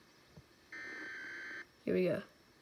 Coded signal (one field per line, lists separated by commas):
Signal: Emergency Alert System (SAME) tones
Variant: header bursts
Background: speech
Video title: Self Activating my RadioShack 12-996 With Derpy FireAlarms’s “The Snatcher” EAS Scenario Tones!